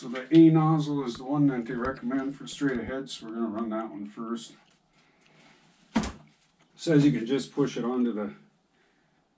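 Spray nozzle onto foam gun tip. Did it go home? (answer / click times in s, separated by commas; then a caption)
no / none. A plastic spray nozzle, the one recommended for straight-ahead spraying, is being handled before being pushed onto the tip of a foam insulation gun. Someone talks, then a sharp handling knock is heard near 6.0 s, followed by more talk. The clip ends before the nozzle goes on, so nothing has seated or clicked yet.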